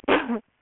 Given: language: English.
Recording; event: throat vibration sensor signal played as sound; cough